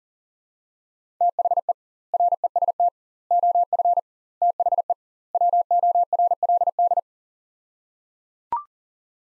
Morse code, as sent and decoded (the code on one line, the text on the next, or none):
- .... . / .-. . ... - / --- ..-. / - .... . / .-- --- .-. .-.. -..
THE REST OF THE WORLD